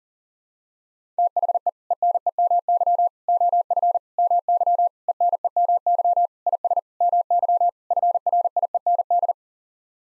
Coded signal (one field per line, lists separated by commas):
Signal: Morse code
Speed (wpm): 37 wpm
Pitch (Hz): 700 Hz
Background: none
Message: THE ENEMY OF MY ENEMY IS MY FRIEND